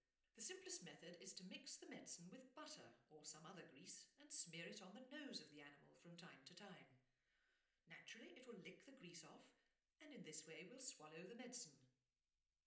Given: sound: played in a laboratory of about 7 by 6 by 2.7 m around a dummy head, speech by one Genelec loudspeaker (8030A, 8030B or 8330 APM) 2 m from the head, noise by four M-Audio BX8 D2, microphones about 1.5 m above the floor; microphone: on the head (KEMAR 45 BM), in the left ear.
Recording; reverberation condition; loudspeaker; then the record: female speech in English; medium; 30 degrees to the left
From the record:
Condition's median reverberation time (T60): about 510 ms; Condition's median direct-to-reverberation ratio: about -0.5 dB